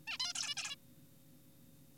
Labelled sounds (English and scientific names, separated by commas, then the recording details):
Zebra Finch (Taeniopygia guttata)
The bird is an adult
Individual g4p5U